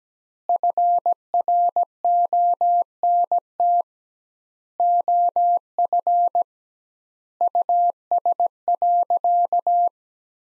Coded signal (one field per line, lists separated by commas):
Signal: Morse code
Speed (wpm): 17 wpm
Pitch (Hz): 700 Hz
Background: none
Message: FRONT OF US.